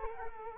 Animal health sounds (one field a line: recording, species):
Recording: mosquito wingbeat signal from an infrared sensor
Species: Culex quinquefasciatus